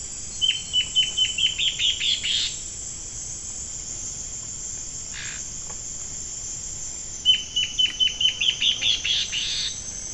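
Bird giving two bursts of rapid, high chipping notes, each speeding up and ending in a buzzy rattle, separated by about five seconds of quiet.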